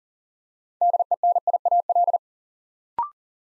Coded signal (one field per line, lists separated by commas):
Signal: Morse code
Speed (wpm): 41 wpm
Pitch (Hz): 700 Hz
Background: none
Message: DENIAL